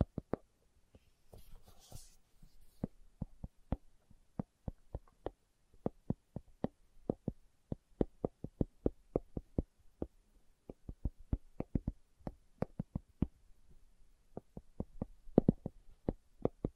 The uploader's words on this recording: ASMR Slow Tapping for Deep Sleep (No Talking).